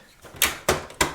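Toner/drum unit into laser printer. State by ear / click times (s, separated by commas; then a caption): seated / 1.0 s. A toner and drum unit is pushed by its handle all the way into a Brother HL-L2405W laser printer. Three sharp transients sound at about 0.4, 0.7 and 1.0 seconds, and the last one is the latching click at 1.0 seconds. The unit is seated in the printer.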